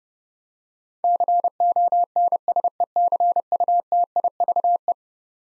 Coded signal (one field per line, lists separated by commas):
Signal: Morse code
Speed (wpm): 30 wpm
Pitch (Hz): 700 Hz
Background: none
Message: CONSECUTIVE